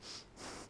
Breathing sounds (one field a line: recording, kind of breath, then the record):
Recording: one breath in and out by a microphone near the nose and mouth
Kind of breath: strong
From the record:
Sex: male